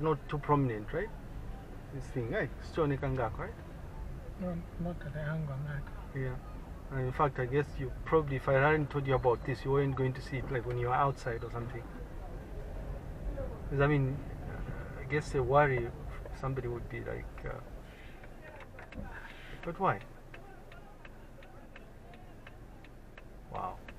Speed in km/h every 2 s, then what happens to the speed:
5, 6, 7, 8, 8, 7, 10, 11, 5, 0, 0, 0.
0-14 steady at about 7. 14-17 brakes to 0. 17-24 standing.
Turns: none.